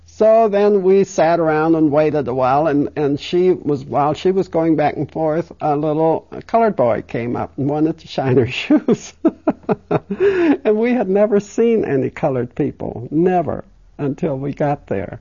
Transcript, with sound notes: So then we sat around and waited a while, and she was, while she was going back and forth, a little colored boy came up and wanted to shine her shoes. (She laughs.) And we had never seen any colored people, never, until we got there.